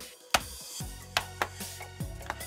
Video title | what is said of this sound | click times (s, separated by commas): HP Pavilion Gaming 17-cd0xxx von Innen - RAM, SSD, Akku, Lüfter wechseln - Tutorial | man hört dass auch immer sehr gut wie alles wieder einrastet | 0.4 s, 1.2 s, 1.4 s, 2.3 s